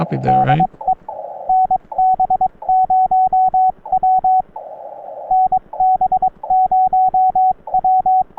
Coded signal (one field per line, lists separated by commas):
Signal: Morse code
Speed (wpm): 22 wpm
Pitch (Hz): 750 Hz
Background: speech, radio noise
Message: DE NB0W NB0W